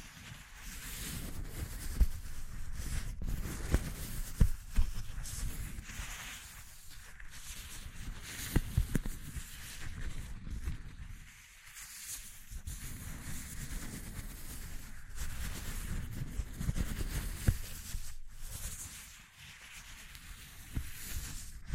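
ASMR texture exploration: steady rustling and scratching with a soft low rumble underneath and crisp, bright crackle on top. Sharp taps or clicks stand out near 2, 4.5, 9 and 17.5 seconds, and the rubbing eases briefly around 11 and 19 seconds.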